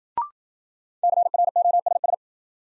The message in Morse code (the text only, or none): CROSS